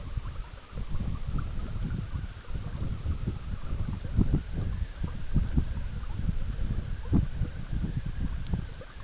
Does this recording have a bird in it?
no